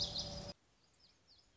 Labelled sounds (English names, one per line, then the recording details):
Lazuli Bunting
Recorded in Sonoma County, California